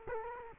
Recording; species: mosquito wingbeat signal from an infrared sensor; Culex quinquefasciatus